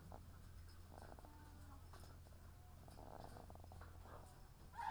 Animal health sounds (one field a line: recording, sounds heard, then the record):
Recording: poultry house recording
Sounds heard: sick chickens (respiratory disease)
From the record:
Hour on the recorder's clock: 17